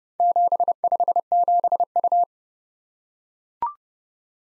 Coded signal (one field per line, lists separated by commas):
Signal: Morse code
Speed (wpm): 28 wpm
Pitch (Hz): 700 Hz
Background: none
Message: 757U